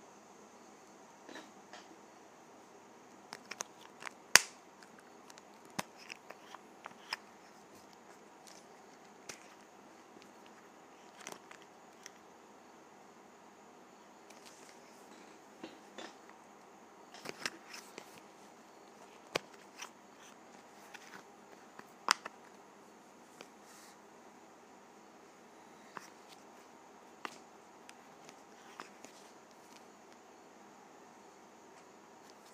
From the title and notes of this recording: ASMR Lip Gloss Container.